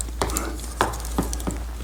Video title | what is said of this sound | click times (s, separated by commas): Metal Build IWSP Review | all right so all right now that's locked into place | 0.8 s